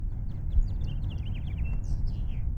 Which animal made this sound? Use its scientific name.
Haemorhous mexicanus